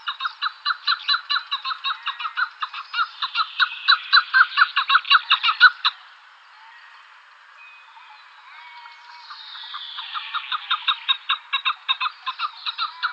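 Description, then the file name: Chukar partridge chuckling in fast repeated clucks for six seconds, a quiet gap of about three seconds, then the clucking series resumes and grows louder. "Alectoris chukar"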